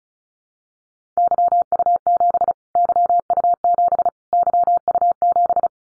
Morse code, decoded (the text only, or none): YU7 YU7 YU7